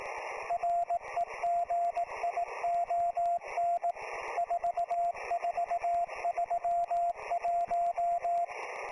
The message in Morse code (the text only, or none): REGION 4431